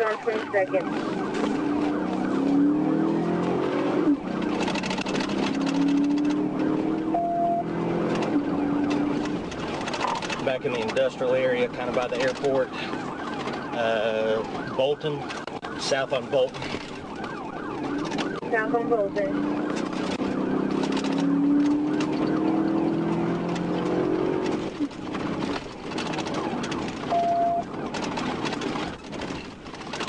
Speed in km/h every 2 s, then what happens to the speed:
32, 63, 89, 95, 105, 101, 79, 64, 50, 64, 92, 100, 111, 106, 103.
0-8 speeds up to 105. 8-15 brakes to 50. 17-24 speeds up to 111. 24-30 slows to 103.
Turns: none.